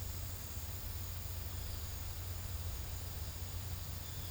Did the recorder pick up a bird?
no